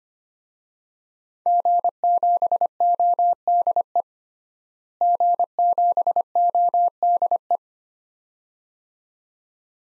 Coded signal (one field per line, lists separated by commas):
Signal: Morse code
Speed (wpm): 25 wpm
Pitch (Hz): 700 Hz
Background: none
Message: G7ODE G7ODE